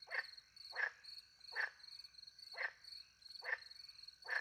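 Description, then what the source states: Frog giving several short croaks, with crickets trilling steadily in the background. Frogs calling by night in French countryside beside a little pond, with crickets; microphones hidden in a tree close to the pond, two Usi pro microphones into a Mixpre 10 II.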